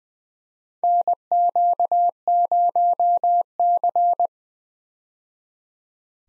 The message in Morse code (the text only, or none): NQ0C